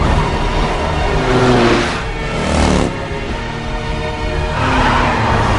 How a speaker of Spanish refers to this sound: Ella mete la marcha atrás y se aleja. Los policías les persiguen. Ella conduce marcha atrás en sentido contrario al intenso tráfico. Sube a la acera aún marcha atrás.